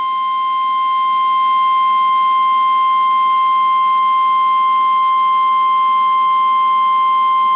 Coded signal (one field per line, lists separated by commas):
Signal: Emergency Alert System (SAME) tones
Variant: 1050 Hz attention tone